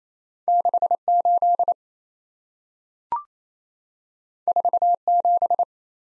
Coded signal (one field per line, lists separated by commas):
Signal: Morse code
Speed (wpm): 27 wpm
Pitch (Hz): 700 Hz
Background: none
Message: 68 47